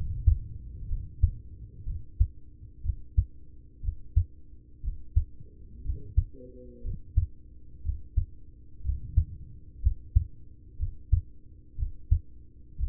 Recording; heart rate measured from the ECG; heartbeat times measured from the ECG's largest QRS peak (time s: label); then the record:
heart sounds by stethoscope; 60 bpm
0.85 s: heartbeat
1.83 s: heartbeat
2.81 s: heartbeat
3.80 s: heartbeat
4.80 s: heartbeat
5.81 s: heartbeat
6.81 s: heartbeat
7.81 s: heartbeat
8.81 s: heartbeat
9.79 s: heartbeat
10.76 s: heartbeat
11.75 s: heartbeat
12.76 s: heartbeat
From the record:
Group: heart failure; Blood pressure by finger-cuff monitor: 98/52 mmHg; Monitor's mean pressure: 66 mmHg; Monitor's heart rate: 61 bpm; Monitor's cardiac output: 5.7 L/min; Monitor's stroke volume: 94 mL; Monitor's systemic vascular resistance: 800 dyn s/cm5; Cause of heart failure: ischemic heart disease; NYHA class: 1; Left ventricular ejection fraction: 33%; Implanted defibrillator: present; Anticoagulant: apixaban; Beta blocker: carvedilol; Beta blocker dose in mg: 18.75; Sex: male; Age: 39 years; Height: 168 cm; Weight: 72 kg